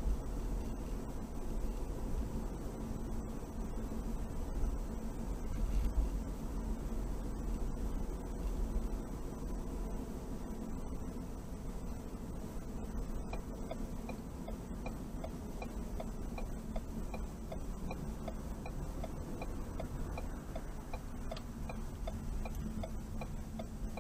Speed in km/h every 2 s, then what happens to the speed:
53, 52, 53, 52, 50, 48, 48, 45, 42, 35, 27, 26.
0-13 steady at about 52. 13-24 slows to 26.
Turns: 19-24.